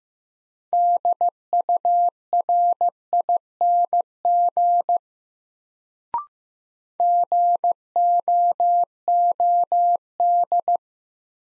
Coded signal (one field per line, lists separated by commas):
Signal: Morse code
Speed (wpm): 15 wpm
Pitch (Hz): 700 Hz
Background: none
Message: DURING GOOD